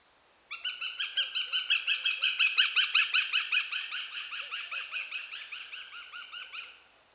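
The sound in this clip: Eurasian goshawk delivering a long, steady chattering series of harsh repeated notes, around three per second, for about six seconds before stopping abruptly.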